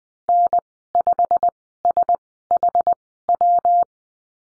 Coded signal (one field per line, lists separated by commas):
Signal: Morse code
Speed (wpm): 20 wpm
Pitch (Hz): 700 Hz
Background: none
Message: N5SHW